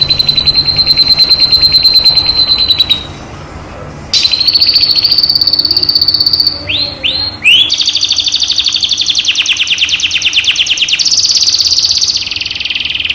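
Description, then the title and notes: Canary song of rapid trilled phrases, a brief quieter gap, more trills, then swooping whistled notes and long fast buzzy rolls. Canary master song used as training to stimulate other birds to sing. "PANCINGAN SUARA MASTERAN KENARI BIKIN BURUNG MAKIN MENGGILA. masteran kicau kenari"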